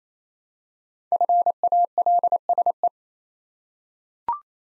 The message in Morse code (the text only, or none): FALSE